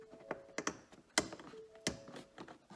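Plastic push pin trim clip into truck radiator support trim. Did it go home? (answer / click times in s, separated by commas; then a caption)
no / none. A black plastic push-pin (Christmas tree) trim clip is handled and pressed toward the radiator support trim of a 2017–2019 Ford F250 during a headlight replacement, to hold the headlight air snorkel and trim back in place. Light plastic taps and sharp hits are heard, the strongest near 0.7, 1.2 and 1.9 seconds. Nothing has seated or clicked home yet.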